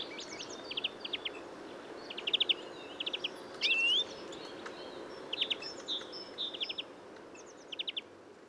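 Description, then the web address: European greenfinch calls: short groups of rapid twittering chirps repeating throughout, broken by one longer rising note midway, over steady background noise. "SETE data Chloris chloris"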